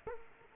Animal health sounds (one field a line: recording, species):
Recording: mosquito wingbeat signal from an infrared sensor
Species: Culex quinquefasciatus